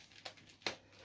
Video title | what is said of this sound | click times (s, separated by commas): One piece bag V Two piece bag | right okay those two have clicked together now there's a little locating tab here | 0.7 s